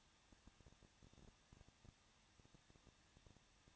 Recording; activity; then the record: daily activity, microphone in the room; no activity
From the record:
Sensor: 3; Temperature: 21.2 degrees Celsius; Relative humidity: 36.2%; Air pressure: 1006.5 hPa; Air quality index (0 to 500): 220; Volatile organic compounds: 39 ppm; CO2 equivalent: 3128 ppm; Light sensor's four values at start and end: 2/3/2/2 and 2/3/2/2